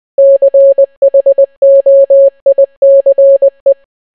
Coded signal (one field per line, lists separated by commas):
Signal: Morse code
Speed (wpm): 20 wpm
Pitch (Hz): 550 Hz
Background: none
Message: CHOICE